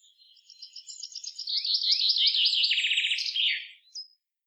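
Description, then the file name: Common chaffinch song: a single run of high trilled phrases that drops in pitch, closes with a flourish, then one brief high note. "Fringilla coelebs"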